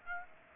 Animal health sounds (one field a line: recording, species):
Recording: mosquito wingbeat signal from an infrared sensor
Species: Aedes aegypti